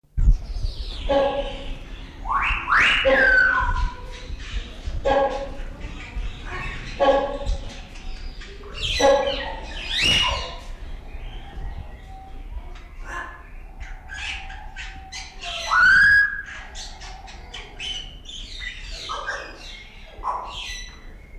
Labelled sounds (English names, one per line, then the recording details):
Common Hill Myna call
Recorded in captivity
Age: adult
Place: Zoo Berlin, Berlin, DE
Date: 1994-03-12 11:17
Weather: light rain shower, 7°C
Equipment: Marantz CP 430, Sennheiser ME 80, Kopie Uher Variocord 263
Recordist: Tembrock, Günter